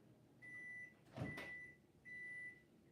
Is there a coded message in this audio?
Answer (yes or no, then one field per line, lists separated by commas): no